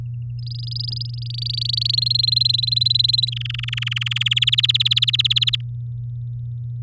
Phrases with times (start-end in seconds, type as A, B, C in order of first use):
0.39-1.96 A, 1.97-3.30 B, 3.32-4.23 C, 4.25-5.56 D